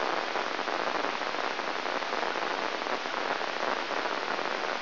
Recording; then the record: brain microelectrode recording played as sound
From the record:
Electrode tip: inside the subthalamic nucleus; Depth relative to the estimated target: -5.5 mm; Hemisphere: left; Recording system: AlphaMap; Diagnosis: Parkinson's disease